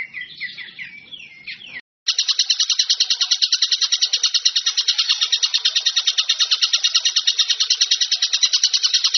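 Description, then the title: Bird song: a brief jumble of high chirping notes, then an abrupt cut into a long, fast, buzzy chatter of harsh pulses. Masteran compilation of bird song, described as the most complete. "Masteran burung terlengkap"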